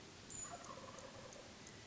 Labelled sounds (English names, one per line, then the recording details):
Wild Turkey
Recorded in Sonoma County, California